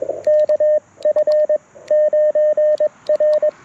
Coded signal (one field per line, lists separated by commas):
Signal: Morse code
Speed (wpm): 22 wpm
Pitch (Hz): 610 Hz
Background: radio noise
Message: KF9R